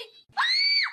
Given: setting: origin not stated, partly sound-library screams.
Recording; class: one-second piece from a danger detection set; woman in danger